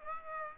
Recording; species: mosquito wingbeat signal from an infrared sensor; Aedes aegypti